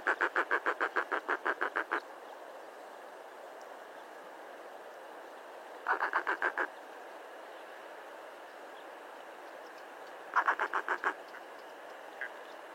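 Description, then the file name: Firewood-gatherer singing in three separate bursts of rasping, repeated notes, the first longest, with quiet gaps of several seconds between them. "Canto do cochicho"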